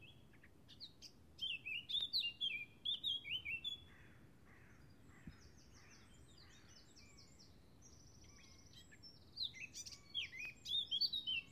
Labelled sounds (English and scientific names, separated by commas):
Eurasian Blackcap (Sylvia atricapilla) song